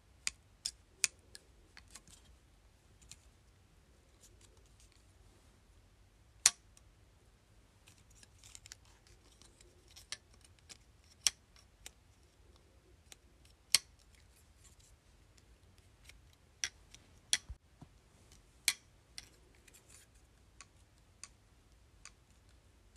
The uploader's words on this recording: ASMR: Hair Clips.